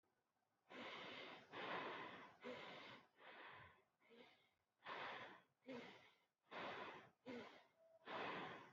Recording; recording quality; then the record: shallow breathing; excellent, no background noise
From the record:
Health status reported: healthy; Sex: female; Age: 29 years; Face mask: not worn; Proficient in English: yes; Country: India